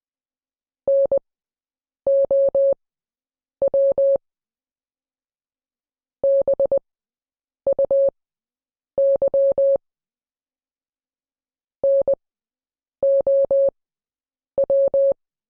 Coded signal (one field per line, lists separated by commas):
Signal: Morse code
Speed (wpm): 20 wpm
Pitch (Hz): 550 Hz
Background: none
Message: NOW BUY NOW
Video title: Morse Code Class 08